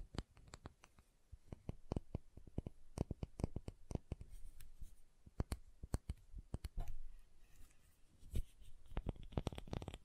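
Tapping and carving on a block of soft and hard soap, with sharp, crisp taps landing irregularly, sometimes in quick clusters and sometimes spaced apart. Between the taps come soft scraping and shaving sounds, and a low rumbling murmur underneath.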